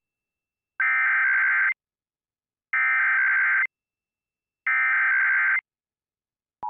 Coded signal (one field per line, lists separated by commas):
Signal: Emergency Alert System (SAME) tones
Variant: header bursts